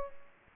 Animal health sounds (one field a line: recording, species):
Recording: mosquito wingbeat signal from an infrared sensor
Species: Aedes aegypti